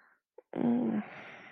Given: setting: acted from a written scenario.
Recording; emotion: vocal sound without words; guilt